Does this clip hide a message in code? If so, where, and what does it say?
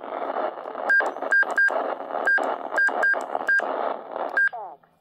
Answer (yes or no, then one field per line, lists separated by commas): no